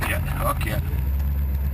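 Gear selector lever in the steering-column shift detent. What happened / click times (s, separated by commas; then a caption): Handled, not yet home: no detent click yet, only talk over an idling engine / none. Someone talks over a steady low engine idle inside a 1960 car as the column-mounted automatic gear selector lever is handled in the steering-column shift detent, about to be moved down one notch from park. Nothing has seated or clicked yet.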